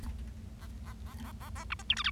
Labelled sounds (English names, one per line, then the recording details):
Bengalese Finch song
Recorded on 25 March 2012 at 15:33
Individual gy6or6